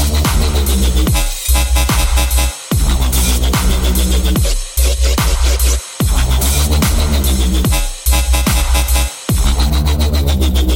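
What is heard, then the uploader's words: Robot noises: a loud, dense electronic drone over a heavy, steady low hum, with warbling pitched tones and quick downward sweeps. The sound cuts out briefly about every one to two seconds, then starts again at full strength. Robot noises.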